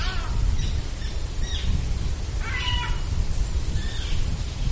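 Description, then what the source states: Bird giving harsh, scratchy alarm calls, several short bursts spaced irregularly over a few seconds, above a constant low rumbling background. Birds giving a warning call.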